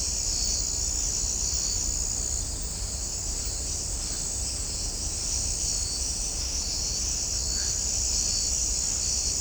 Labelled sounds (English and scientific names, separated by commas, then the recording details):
none
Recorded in shrubland near Pivijay, Magdalena, Colombia, on 4 June 2023 at 02:30
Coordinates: 10.453, -74.365
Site P5-G022